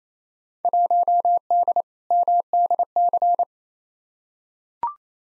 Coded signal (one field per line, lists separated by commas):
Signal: Morse code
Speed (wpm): 28 wpm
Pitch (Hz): 700 Hz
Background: none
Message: 1D MDC